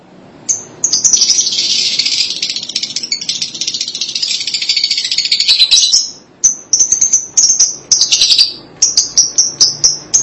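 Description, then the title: Lovebird calls: a dense run of shrill high chattering for several seconds, then a series of short sharp whistled chirps. "BM Suara Burung Lovebird"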